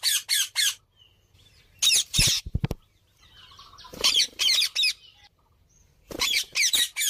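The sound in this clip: Bird squawking in short groups of harsh, rapid notes, with a few low thudding knocks in the middle.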